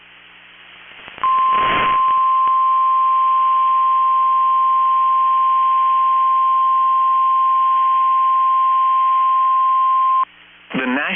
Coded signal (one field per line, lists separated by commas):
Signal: Emergency Alert System (SAME) tones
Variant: 1050 Hz attention tone